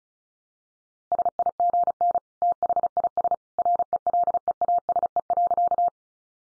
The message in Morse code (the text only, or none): SIGN THIS RELEASE.